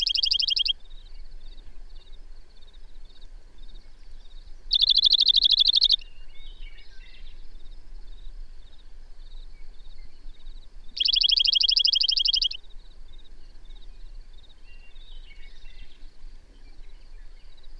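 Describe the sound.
Bird song: three loud, buzzy high bursts of one to two seconds, several seconds apart, with soft continuous high ticking in between.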